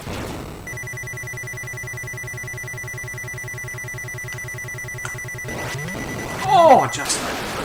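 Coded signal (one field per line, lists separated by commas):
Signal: none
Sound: video game sound effects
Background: speech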